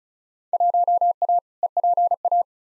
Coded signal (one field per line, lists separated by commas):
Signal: Morse code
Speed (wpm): 36 wpm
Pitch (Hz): 700 Hz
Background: none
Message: 1A EPA